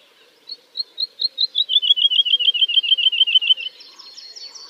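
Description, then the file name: Woodlark song: a string of liquid notes stepping gradually downward in pitch, followed by softer notes. "kicau master woodlark omkicau"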